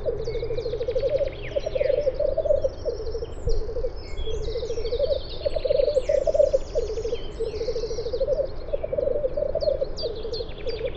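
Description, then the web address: Black grouse rookooing: a steady run of low bubbling, cooing phrases with hardly a pause, while other birds twitter and chirp in the background. Black grouse rookooing, recorded at Valsolda. "cibra valsolda. Gallo forcello"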